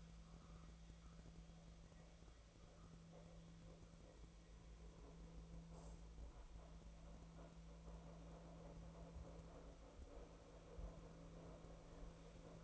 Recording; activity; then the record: daily activity, microphone in the room; make coffee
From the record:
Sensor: 1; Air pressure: 1009.4 hPa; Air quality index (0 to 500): 195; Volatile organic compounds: 19 ppm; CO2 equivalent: 2671 ppm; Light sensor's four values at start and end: 28/73/30/36 and 28/73/30/36